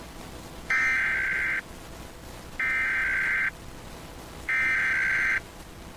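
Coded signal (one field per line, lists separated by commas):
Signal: Emergency Alert System (SAME) tones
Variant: header bursts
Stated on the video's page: Captured EAS alerts: monthly and weekly tests, civil authority, EAS participant, National Weather Service.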